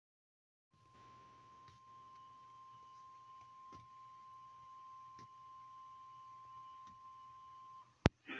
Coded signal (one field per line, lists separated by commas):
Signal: Emergency Alert System (SAME) tones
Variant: 1050 Hz attention tone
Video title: EAS Bulletins - Tornado Warning (OETA 13.4) (6/6)